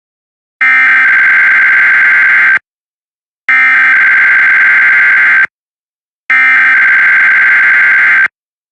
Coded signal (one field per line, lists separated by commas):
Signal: Emergency Alert System (SAME) tones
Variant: header bursts